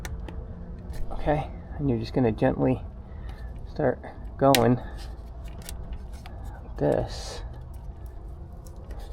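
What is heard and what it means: A Range Technology DFM plug-in module for a GM vehicle, one that did not work in the end, is gently started into its vehicle connector and lined up while someone talks. Only a few faint ticks and handling noises are heard around the speech. The module has not seated or clicked yet.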